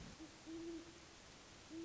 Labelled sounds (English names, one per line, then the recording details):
Great Horned Owl
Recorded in Sonoma County, California